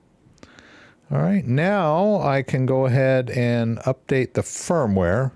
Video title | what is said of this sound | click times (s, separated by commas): Coldcard MK4 Setup Guide Secure Your Cryptocurrency Today - Step-by-Step Tutorial | you'll notice that they'll only go in one way and it'll uh you'll hear it click a little bit when it goes in | 0.4 s